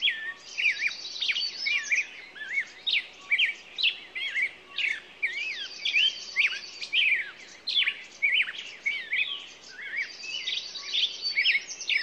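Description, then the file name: Songbirds chorusing with rapid downswept whistles and recurring high dry trills, steady throughout. Morning songbirds. "Echoes Of Nature-Morning Songbirds"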